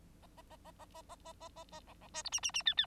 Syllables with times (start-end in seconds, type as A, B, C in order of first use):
0.22-0.26 A, 0.37-0.42 A, 0.50-0.56 A, 0.65-0.71 A, 0.79-0.85 A, 0.94-1.01 A, 1.09-1.16 A, 1.25-1.33 A, 1.40-1.49 A, 1.56-1.64 A, 1.71-1.80 A, 1.87-1.94 B, 2.01-2.08 B, 2.14-2.23 C, 2.24-2.30 D, 2.32-2.40 E, 2.43-2.51 E, 2.54-2.63 E, 2.65-2.74 F, 2.77-2.86 F